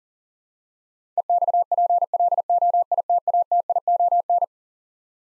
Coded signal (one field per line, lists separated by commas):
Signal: Morse code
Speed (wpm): 40 wpm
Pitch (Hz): 700 Hz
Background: none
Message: EXPLOITATION